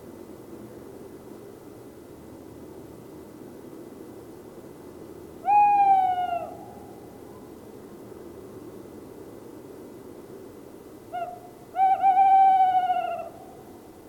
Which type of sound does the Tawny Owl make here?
call